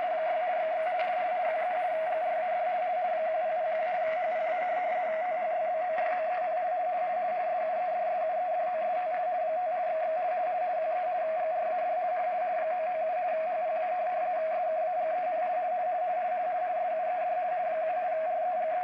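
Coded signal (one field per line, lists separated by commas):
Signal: RTTY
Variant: 50 baud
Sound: continuous warbling two-tone teleprinter chatter around 700 Hz over hiss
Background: radio static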